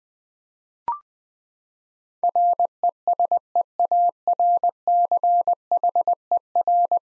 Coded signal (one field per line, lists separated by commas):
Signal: Morse code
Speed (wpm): 20 wpm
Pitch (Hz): 700 Hz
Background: none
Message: RESEARCHER